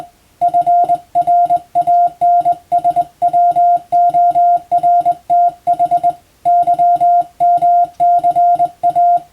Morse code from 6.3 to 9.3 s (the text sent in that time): YMCA